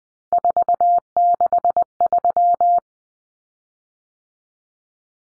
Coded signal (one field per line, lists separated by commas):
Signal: Morse code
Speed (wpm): 19 wpm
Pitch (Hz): 700 Hz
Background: none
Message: 463